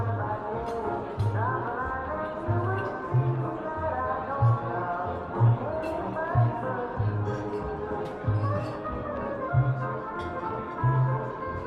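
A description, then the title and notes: Older music plays in a coffee shop, with a steady melody and a regular low bass thump roughly every second. Light talking murmurs underneath throughout, and small clicks and clinks break through now and then in a fairly roomy space. Oldie music playing in a coffee shop (light talking).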